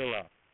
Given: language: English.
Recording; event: throat vibration sensor signal played as sound; speech